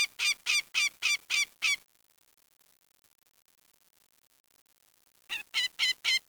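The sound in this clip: Bird calls, a rapid run of harsh, nasal honking notes, six in quick succession, then silence before another burst of four.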